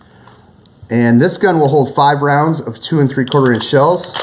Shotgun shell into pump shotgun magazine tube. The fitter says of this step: And you push them in until it clicks.